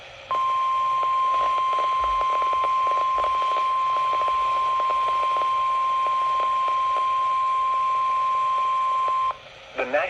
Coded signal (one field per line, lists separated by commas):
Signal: Emergency Alert System (SAME) tones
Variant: 1050 Hz attention tone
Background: speech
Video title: The Raleigh-Wakefield Show - EAS Alerts from 8/2/24 || EAS 1,368-1,376